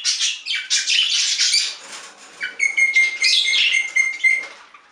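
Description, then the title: Budgerigar chatter of raspy warbles, then a thin steady whistled tone running through the later chirps. "Budgie Sounds"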